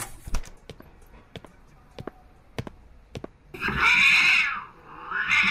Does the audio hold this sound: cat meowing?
yes